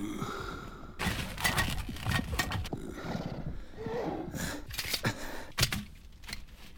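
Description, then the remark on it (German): Horses in a desert, stopped to rest after their riders dismount, shuffle about with irregular hoof thuds, breathing heavily and letting out a few loud snorts and blowing sighs, with no voices present. “Wir halten an, Mike. Unsere Pferde brauchen Ruhe. Steig ab.”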